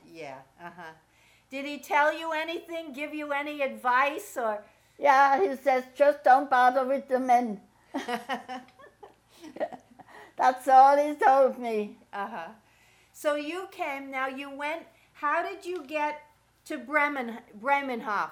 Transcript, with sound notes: Yeah, uh huh, did he tell you anything, give you any advice, or--?
Yeah, he says, "Just don't bother with the men." (laughs) That's all he told me.
So you came — now you went-- how did you get to Bremenhaven?